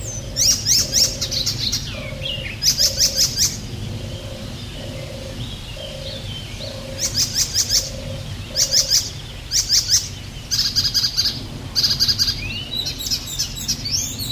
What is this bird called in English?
Icterine Warbler